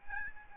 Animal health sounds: mosquito wingbeat signal from an infrared sensor; Aedes albopictus

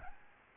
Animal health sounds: mosquito wingbeat signal from an infrared sensor; Aedes albopictus

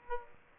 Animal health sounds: mosquito wingbeat signal from an infrared sensor; Aedes aegypti

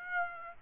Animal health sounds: mosquito wingbeat signal from an infrared sensor; Aedes aegypti

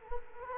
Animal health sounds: mosquito wingbeat signal from an infrared sensor; Culex quinquefasciatus

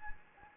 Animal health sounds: mosquito wingbeat signal from an infrared sensor; Anopheles gambiae

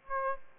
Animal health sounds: mosquito wingbeat signal from an infrared sensor; Aedes aegypti

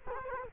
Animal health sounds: mosquito wingbeat signal from an infrared sensor; Culex quinquefasciatus

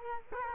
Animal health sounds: mosquito wingbeat signal from an infrared sensor; Culex quinquefasciatus

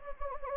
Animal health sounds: mosquito wingbeat signal from an infrared sensor; Anopheles gambiae

